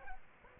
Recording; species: mosquito wingbeat signal from an infrared sensor; Aedes aegypti